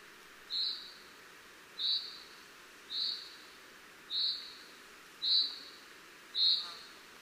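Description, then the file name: Common chaffinch call: six short, thin high whistled notes repeated about once a second over a steady background hiss. "Fringilla coelebs"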